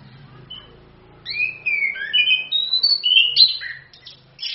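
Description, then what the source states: Orange-headed thrush song: after a quiet low hum, a run of clear whistled phrases, some sliding up or down, with quick varied notes packed closely together. Used as a lure and tutor to prompt thrushes to sing; song described as gacor (vigorous) and ngerol (continuous rolling).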